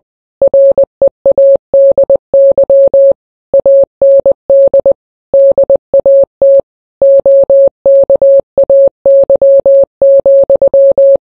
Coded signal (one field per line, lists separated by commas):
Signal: Morse code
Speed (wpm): 20 wpm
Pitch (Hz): 550 Hz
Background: none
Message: READY AND DAT OKAY,